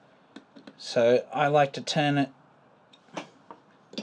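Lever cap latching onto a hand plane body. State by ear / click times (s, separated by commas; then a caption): partly seated / 4.0 s. Someone talks over light ticks as the tension screw is given a full turn and the metal lever cap is pressed down onto the hand plane body. At 4.0 s the lever cap latches with a weak little click that holds but is not fully tight, so it could still be tighter.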